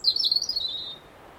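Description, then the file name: European robin uttering one high, fast trill that drifts slightly downward and fades after about a second. "Erithacus rubecula"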